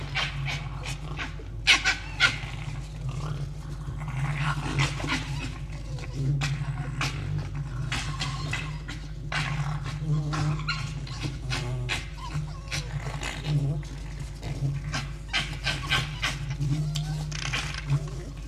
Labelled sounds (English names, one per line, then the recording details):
Red Fox
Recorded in captivity
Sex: group
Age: adult
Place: Zoologisches Institut der HUB, Berlin, DE
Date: 1956-02-22 11:45
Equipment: Elmetra
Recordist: Tembrock, Günter
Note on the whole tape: Jupp gegen Jau: Aufstellen mit Drohschrei und Stoßschrei (mehrmals); Jau: etwas winselnd; Jupp weicht, dann: Drohschrei, Belldrohschrei; offenes Bellen; Jau: Muffen ohne Fleisch bei Fiffi; Fiffi: offenes und geschlossenes Knurren. Achtung, teilweise Kopiereffekte, Knistern und technische Störungen